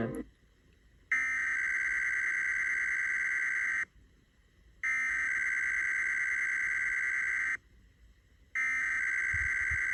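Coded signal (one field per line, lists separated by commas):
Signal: Emergency Alert System (SAME) tones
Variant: header bursts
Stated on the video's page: Required monthly test relayed by Sacramento stations KFBK AM and KXPR/KXSR.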